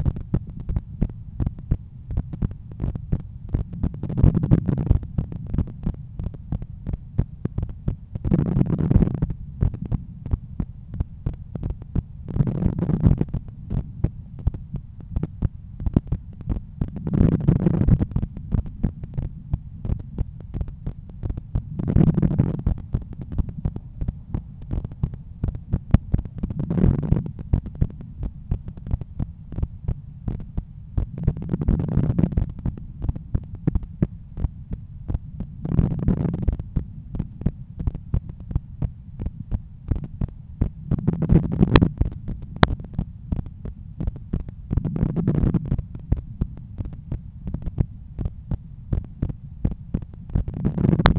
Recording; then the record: heart sounds by stethoscope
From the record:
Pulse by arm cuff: 87 bpm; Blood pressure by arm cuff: 134/83 mmHg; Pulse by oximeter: 88 bpm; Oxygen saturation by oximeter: 98%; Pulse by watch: 88 bpm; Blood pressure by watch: 125/81 mmHg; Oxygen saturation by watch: 97%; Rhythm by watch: sinus rhythm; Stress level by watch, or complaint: low stress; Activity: after 10 min smoking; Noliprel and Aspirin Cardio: after pills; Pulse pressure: 51 mmHg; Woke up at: 7:20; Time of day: 13:05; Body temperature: 35.1 C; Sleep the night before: 8 h 11 min, score 61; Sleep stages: REM 22%, light 68%, deep 3%, awake 7%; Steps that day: 9500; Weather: sunny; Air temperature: 26.2 C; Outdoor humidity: 53%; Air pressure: 1015 hPa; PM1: 8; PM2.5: 11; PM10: 13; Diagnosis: hypertension, treated with Noliprel and Aspirin Cardio 100 mg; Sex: male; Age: 53 years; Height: 174 cm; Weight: 81 kg